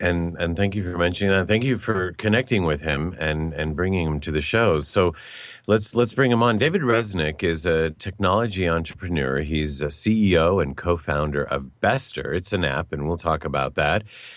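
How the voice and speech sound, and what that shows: A man with a low, steady voice speaks fluently at a conversational pace, introducing a guest on a talk show. Voicing is clear, with only a brief pause midway and a few casual word repeats. This is ordinary, typical adult speech.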